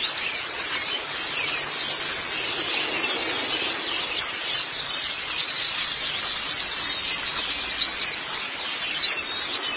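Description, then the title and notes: White-eye song, a busy stream of thin, high twittering notes with fluctuating loudness, running throughout against a background hiss. Chirping song. "Kicauan Burung Pleci Durasi Panjang. Suara kicauan burung pleci"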